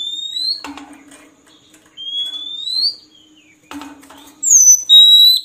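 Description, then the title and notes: Oriental magpie-robin song phrases: long rising whistles separated by clicks, ending with bright sharp whistles. Song meant for training kept birds to sing day and night. "Kacer Jadi Gacor Siang Malam. Isian Kacer Durasi Panjang"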